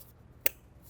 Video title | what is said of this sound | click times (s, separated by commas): Volvo XC70 Vacuum Pump Seal Replacement DIY (2008-2016 Volvo P3 S60, XC60, V70, V60, S80) | We can reconnect our mass airflow sensor once more. Pretty straightforward, just until you hear a click. | 0.5 s